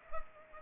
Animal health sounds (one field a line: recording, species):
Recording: mosquito wingbeat signal from an infrared sensor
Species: Culex pipiens